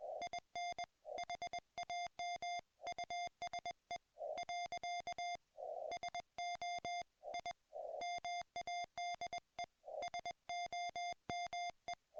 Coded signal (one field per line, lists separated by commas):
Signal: Morse code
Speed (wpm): 21 wpm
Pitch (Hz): 2100 Hz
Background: music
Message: IN HAM USE . SO I MADE SOME